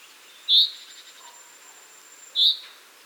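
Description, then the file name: Common chaffinch giving two sharp, high clipped notes nearly two seconds apart, with a thin steady whine and soft background hiss. "Fringilla coelebs"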